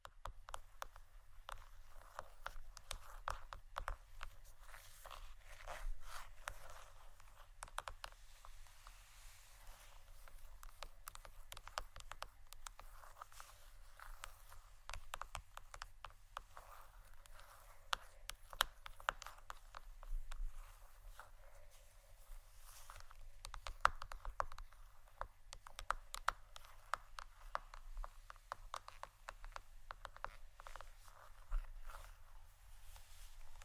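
Fingers tap and scratch on plastic bottles in a steady stream of quick, irregular clicks that runs the whole time with no real pauses. The taps are dry and bright, with a few sharper, louder hits around 24 seconds and a faint low rumble underneath.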